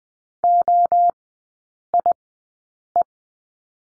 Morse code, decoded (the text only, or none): OIE